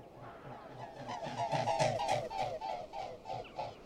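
Mute swan calls: a series of nasal, honking notes in quick rhythm, building then fading.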